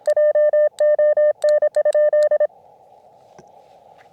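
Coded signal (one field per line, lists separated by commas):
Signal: Morse code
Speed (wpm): 26 wpm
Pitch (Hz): 1800 Hz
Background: none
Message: JON?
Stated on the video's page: CW during a summit (SOTA) activation, sent with a Zippy Paddle on an Elecraft KX2.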